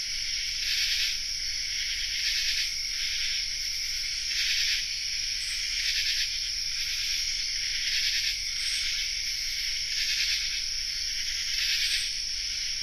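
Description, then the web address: Common true katydid chorus: harsh rasping bursts rise out of a continuous high hum, with overlapping calls from several insects. Chorus, North America. "Nature Songs N America Songs of Insects Common True Katydid chorus"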